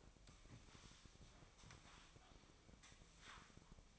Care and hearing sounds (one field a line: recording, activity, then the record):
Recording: daily activity, microphone in the room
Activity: sweep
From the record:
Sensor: 1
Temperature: 24.4 degrees Celsius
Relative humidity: 39.3%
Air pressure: 1003.1 hPa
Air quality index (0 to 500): 197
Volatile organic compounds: 6 ppm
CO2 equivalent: 1887 ppm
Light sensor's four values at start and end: 16/38/16/19 and 15/38/16/19